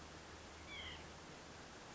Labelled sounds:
White-breasted Nuthatch
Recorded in Sonoma County, California

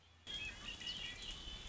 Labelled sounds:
Red-winged Blackbird
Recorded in Sonoma County, California

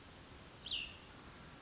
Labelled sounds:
Cassin's Vireo
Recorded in Sonoma County, California

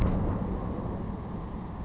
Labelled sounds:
Savannah Sparrow
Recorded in Sonoma County, California

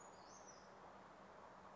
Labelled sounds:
Western Flycatcher
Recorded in Sonoma County, California

